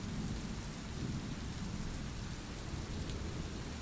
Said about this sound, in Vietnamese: âm thanh quái dị cũng dần dần im bặt, rồi biến mất theo tiếng mưa ầm ầm dội vào mái nhà.